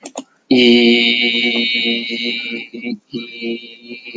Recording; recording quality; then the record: sustained vowel as in beet; excellent, no background noise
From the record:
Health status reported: exposed to COVID-19, no respiratory illness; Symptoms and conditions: cough, sore throat, fever, muscle pain, asthma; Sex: male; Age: 26 years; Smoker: no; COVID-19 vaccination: one dose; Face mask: not worn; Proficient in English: yes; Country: India